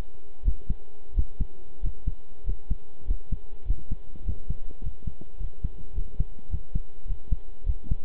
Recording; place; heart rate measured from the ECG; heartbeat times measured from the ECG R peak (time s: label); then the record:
heart sounds by stethoscope; between the tricuspid and mitral areas; 100 bpm
0.44 s: heartbeat
1.15 s: heartbeat
1.82 s: heartbeat
2.45 s: heartbeat
3.06 s: heartbeat
3.66 s: heartbeat
4.25 s: heartbeat
4.82 s: heartbeat
5.39 s: heartbeat
5.94 s: heartbeat
6.50 s: heartbeat
7.06 s: heartbeat
7.65 s: heartbeat
From the record:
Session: pedaling a stationary bicycle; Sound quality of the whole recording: good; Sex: male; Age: 23 years